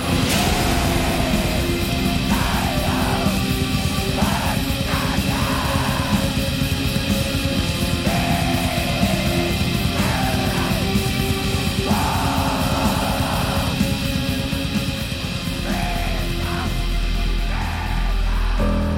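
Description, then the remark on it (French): Black metal plays as a dense, unrelenting wall of distorted guitar and rapid drumming, loud throughout, with high, rasping shrieked vocals breaking in over it in repeated bursts. “le tout est porté par la voix démoniaque de …, un hurlement à vous glacer le sang”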